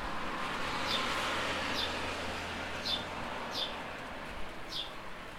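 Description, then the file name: House sparrow chirping, five sharp notes spaced roughly a second apart, partly masked by a broad hiss of background noise. "Passer domesticus"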